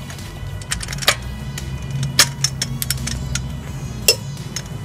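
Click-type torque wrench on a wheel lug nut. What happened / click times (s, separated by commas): Torque wrench clicked at its set torque on the lug nut / 4.1 s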